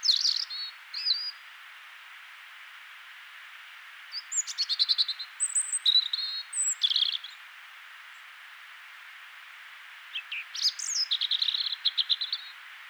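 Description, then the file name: European robin song in three separate bursts of high, varied whistles and trills, with quiet pauses of a few seconds between them. "Erithacus rubecula"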